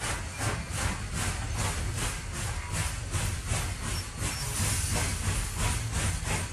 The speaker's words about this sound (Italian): Appena il treno ebbe incominciato a muoversi